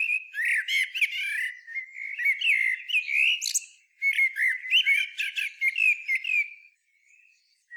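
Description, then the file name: Common blackbird delivering flowing song with one brief break: low, rich whistled notes woven with squeaky, rapid high twitters, tailing off into a quiet pause near the end. "Turdus merula"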